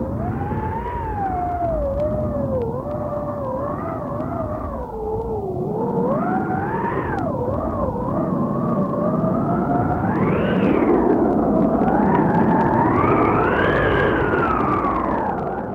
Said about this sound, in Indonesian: Bunyi apa yang kalian dengar, anak-anak? Itu adalah bunyi angin kencang.